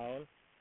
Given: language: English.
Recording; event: throat vibration sensor signal played as sound; speech